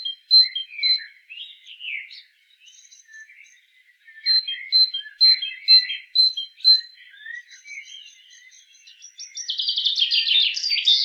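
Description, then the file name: Great tit calls: bright, high notes repeated in quick series with lower twittering beneath, closing with a loud, harsh, buzzy churr. "Parus major"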